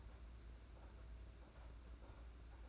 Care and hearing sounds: daily activity, microphone in the room; take from stove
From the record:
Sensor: 2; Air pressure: 991.8 hPa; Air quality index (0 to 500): 232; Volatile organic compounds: 1000 ppm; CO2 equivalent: 7772 ppm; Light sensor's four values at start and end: 20/61/24/22 and 20/61/24/22

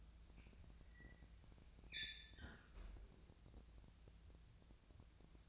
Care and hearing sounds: daily activity, microphone in the room; close fridge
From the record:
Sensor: 2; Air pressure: 999.9 hPa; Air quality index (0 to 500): 126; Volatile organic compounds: 2 ppm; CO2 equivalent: 1081 ppm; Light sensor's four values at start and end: 32/80/34/38 and 32/80/34/38

